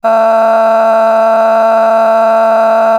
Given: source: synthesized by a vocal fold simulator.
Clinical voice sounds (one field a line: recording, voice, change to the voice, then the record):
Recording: sustained vowel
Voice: female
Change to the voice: a random mix of aspiration noise, stiffness perturbation and strain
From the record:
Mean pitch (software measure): 224 Hz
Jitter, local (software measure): 1.64%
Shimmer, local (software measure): 5.9%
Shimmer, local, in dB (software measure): 0.52 dB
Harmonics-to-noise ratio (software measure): 15.8 dB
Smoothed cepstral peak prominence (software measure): 14.9 dB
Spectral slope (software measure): -20.4 dB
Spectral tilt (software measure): -10.3 dB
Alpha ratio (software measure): -10.9 dB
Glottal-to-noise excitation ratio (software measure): 0.908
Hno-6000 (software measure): 2.2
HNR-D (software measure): 33.1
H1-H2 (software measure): -2.3 dB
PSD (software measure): 6.3e-05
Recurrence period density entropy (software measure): 0.116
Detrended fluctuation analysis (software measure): 0.0123